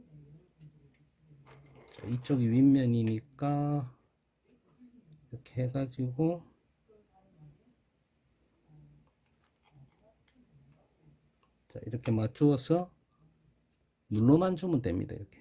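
A metal wristwatch case back is positioned on the watch case with its top side oriented correctly and lined up before pressing, while someone talks. Only faint handling ticks are heard, and the case back has not seated or clicked yet.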